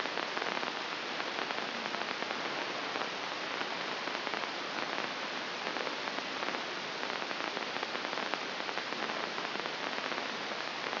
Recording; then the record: brain microelectrode recording played as sound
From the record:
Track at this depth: inside the subthalamic nucleus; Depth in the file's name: 2.632 mm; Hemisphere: left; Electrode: 2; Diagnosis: Parkinson's disease